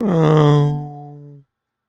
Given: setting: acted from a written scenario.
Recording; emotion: vocal sound without words; guilt